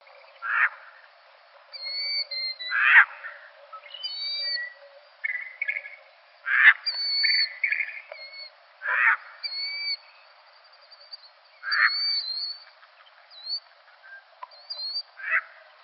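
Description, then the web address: Gull, tern or jaeger: harsh squawking notes repeated every two to four seconds, with thin high whistled notes in between. Recorded in Arizona. "Gulls Terns Jaegers AZFO. deviche"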